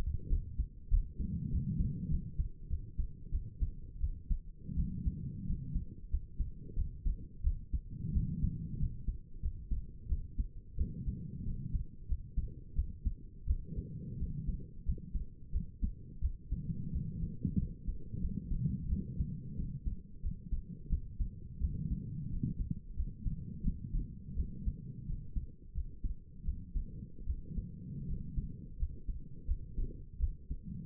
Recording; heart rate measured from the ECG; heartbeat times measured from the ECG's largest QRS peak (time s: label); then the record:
heart sounds by stethoscope; 88 bpm
0.29 s: heartbeat
0.90 s: heartbeat
1.51 s: heartbeat
2.10 s: heartbeat
2.69 s: heartbeat
3.32 s: heartbeat
4.01 s: heartbeat
4.76 s: heartbeat
5.47 s: heartbeat
6.11 s: heartbeat
6.76 s: heartbeat
7.44 s: heartbeat
8.14 s: heartbeat
8.79 s: heartbeat
9.42 s: heartbeat
10.09 s: heartbeat
10.77 s: heartbeat
11.45 s: heartbeat
12.08 s: heartbeat
12.76 s: heartbeat
13.47 s: heartbeat
14.19 s: heartbeat
14.85 s: heartbeat
15.52 s: heartbeat
16.22 s: heartbeat
16.93 s: heartbeat
17.59 s: heartbeat
18.21 s: heartbeat
18.89 s: heartbeat
19.57 s: heartbeat
20.22 s: heartbeat
20.90 s: heartbeat
21.61 s: heartbeat
22.31 s: heartbeat
22.96 s: heartbeat
23.64 s: heartbeat
24.36 s: heartbeat
25.07 s: heartbeat
25.74 s: heartbeat
26.45 s: heartbeat
27.27 s: heartbeat
28.07 s: heartbeat
28.79 s: heartbeat
29.47 s: heartbeat
30.20 s: heartbeat
From the record:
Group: healthy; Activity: rest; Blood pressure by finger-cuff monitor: 103/62 mmHg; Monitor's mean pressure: 75 mmHg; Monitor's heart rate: 90 bpm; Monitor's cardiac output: 7.4 L/min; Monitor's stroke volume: 83 mL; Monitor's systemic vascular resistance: 720 dyn s/cm5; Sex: female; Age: 22 years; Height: 163 cm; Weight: 67.1 kg